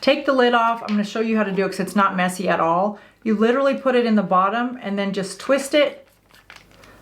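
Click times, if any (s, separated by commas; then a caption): 6.5 s. A translucent SPF 30 powder refill pod from Jane Iredale is placed into the bottom of a refillable brush applier and twisted until it locks. Someone talks through most of the clip, then after a pause a sharp click is heard at 6.5 s, followed by two fainter ticks. The pod is seated and locked in the brush handle.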